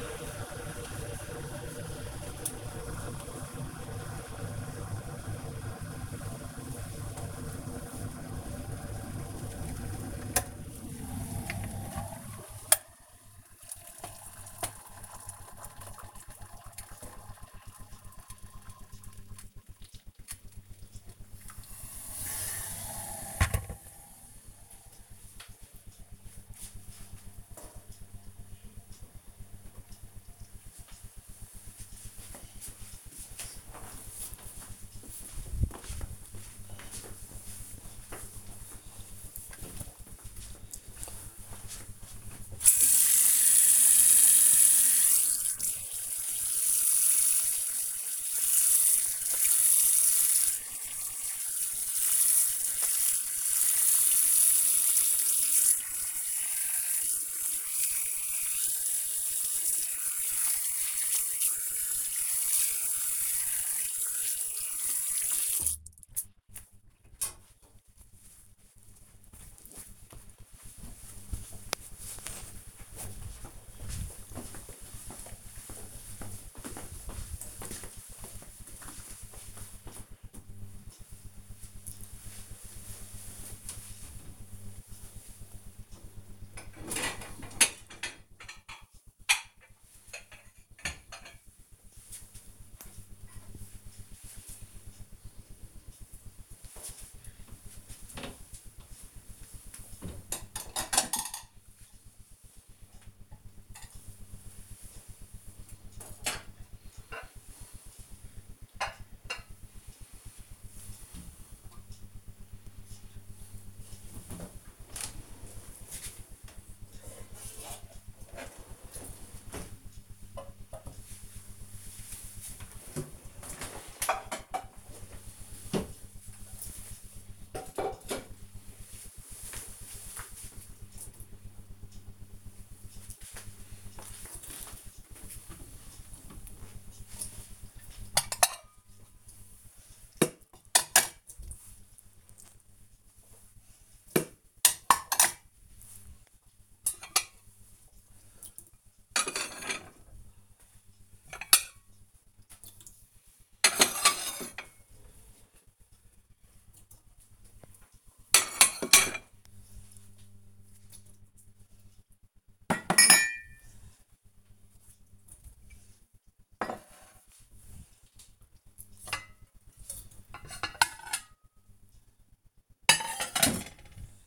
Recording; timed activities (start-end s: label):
household activities, microphone on the right wrist
0.00-23.83 s: making tea
41.95-66.09 s: washing hands
134.67-174.27 s: putting away the dishes